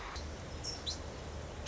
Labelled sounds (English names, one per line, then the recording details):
Song Sparrow
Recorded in Sonoma County, California